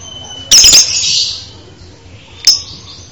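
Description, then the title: Bird producing one harsh, buzzy high burst that fades away, then a short sharp chip near the end. Masteran, used to teach birds new song. "LuckyBurung MasteranBest"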